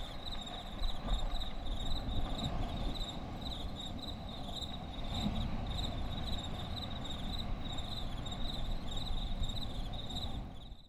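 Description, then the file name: Crickets chirping in a steady, high, pulsing trill that runs throughout, over a constant low rumbling noise. "tomas miguel - grillos"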